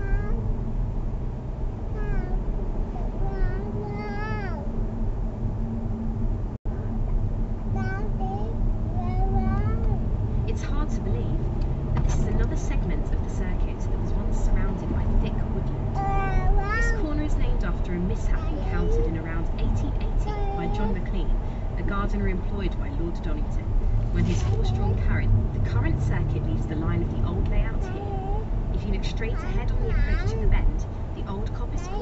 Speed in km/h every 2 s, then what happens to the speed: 55, 55, 48, 50, 55, 63, 72, 81, 82, 77, 69, 63, 61, 66, 64, 64.
0-4 slows to 48. 4-15 speeds up to 82. 17-23 brakes to 61. 23-32 steady at about 64.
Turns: 4-10, 21-32.